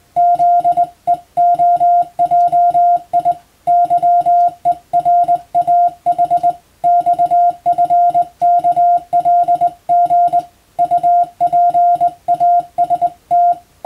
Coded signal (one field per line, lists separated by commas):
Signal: Morse code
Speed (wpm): 20 wpm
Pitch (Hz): 700 Hz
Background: music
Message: ZEOJI YERAH XFKLG UPAST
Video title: 【Radio operator morse practice】This is a Morse code practice video. There is a morse exam in japan.